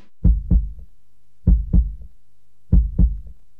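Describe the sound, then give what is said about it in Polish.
A steady heartbeat thumps three times, each beat a deep, muffled lub-dub pair repeating at a slow, even pace with brief silence between, with no voices. “Tak bije serce ….”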